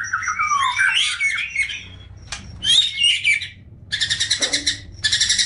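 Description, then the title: Oriental magpie-robin song with tumbling whistled notes, a few sharp clicks, then pulsed rattling bursts repeated in quick succession. "Kicau Kacer"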